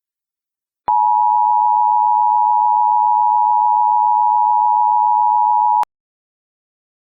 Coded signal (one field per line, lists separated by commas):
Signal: Emergency Alert System (SAME) tones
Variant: 853 and 960 Hz attention tone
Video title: EAS Scenario: Operations